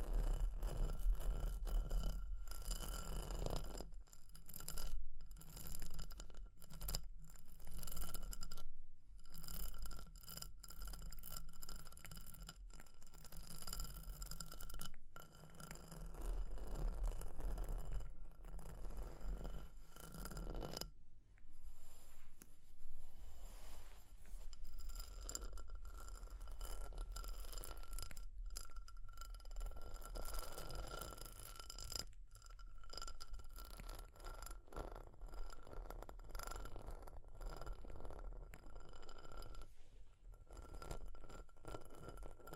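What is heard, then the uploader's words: Fire crackling fills the recording with dense, irregular pops and snaps over a low, rumbling roar. Quick tapping and scratching sounds cut in and out, with brief near-silent gaps around 9, 15 and 21 seconds. A faint steady whine runs underneath. ASMR for PURE Relaxation and Sleep Fire Crackling, Tapping, Scratching(No Talking).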